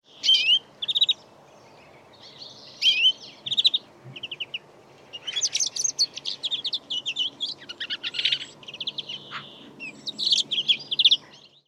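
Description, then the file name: European greenfinch calls, short bursts of high twittering notes and brief trills in clusters, with pauses between and a faint low rumble in the background. "Chloris chloris"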